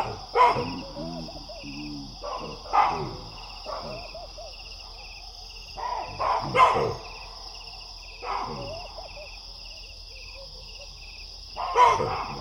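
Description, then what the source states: Baboons giving scattered loud alarm barks with a few lower grunting calls between them, separated by quiet gaps, over a persistent high insect hum. Baboons roosting in a big tree at nightfall, sensing a distant predator and sounding the alarm; Wassadou, Niokolo Koba National Park, Eastern Senegal, West Africa; 13 November 2017.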